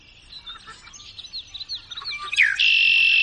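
Red-winged Blackbird song: a few short chirps and clicks, then a sliding note into a loud, buzzy ending.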